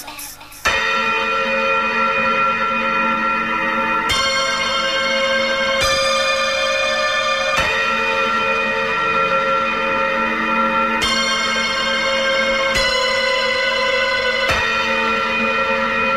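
Tubular bells ring out in loud, sustained metallic tones, each new strike shifting the pitch every two seconds or so, with a long shimmering resonance and no voices.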